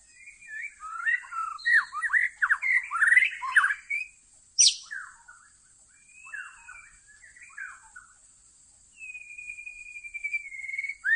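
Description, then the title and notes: White-rumped shama song with harsh chattering, squawky notes, a sharp high burst, then softer scattered notes and a long steady whistled trill near the end. Lure (pikat) recording used to attract White-rumped shamas. "MB Pikat Jitu.. Suara Mantap. murai batu"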